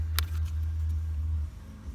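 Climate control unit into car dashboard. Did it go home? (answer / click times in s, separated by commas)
yes / 0.2 s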